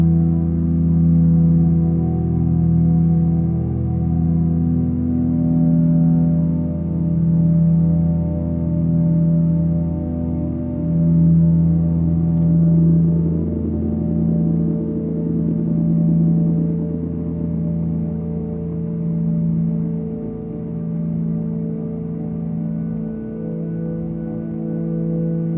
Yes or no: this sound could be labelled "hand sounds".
no